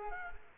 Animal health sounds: mosquito wingbeat signal from an infrared sensor; Culex quinquefasciatus

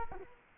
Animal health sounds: mosquito wingbeat signal from an infrared sensor; Culex quinquefasciatus

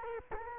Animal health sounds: mosquito wingbeat signal from an infrared sensor; Culex quinquefasciatus

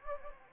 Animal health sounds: mosquito wingbeat signal from an infrared sensor; Anopheles gambiae

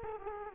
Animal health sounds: mosquito wingbeat signal from an infrared sensor; Culex quinquefasciatus

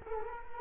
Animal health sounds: mosquito wingbeat signal from an infrared sensor; Culex quinquefasciatus

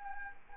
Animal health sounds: mosquito wingbeat signal from an infrared sensor; Anopheles arabiensis

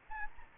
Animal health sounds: mosquito wingbeat signal from an infrared sensor; Anopheles gambiae

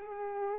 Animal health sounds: mosquito wingbeat signal from an infrared sensor; Culex pipiens

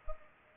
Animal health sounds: mosquito wingbeat signal from an infrared sensor; Culex pipiens

